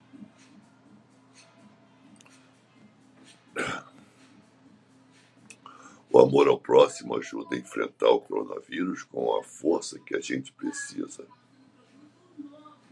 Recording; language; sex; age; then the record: spoken sentence; Brazilian Portuguese; male; 70 to 79 years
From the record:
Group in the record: control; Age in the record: 70 years